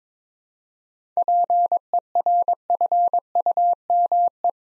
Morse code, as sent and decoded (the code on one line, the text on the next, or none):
.--. . .-. ..-. ..- -- .
PERFUME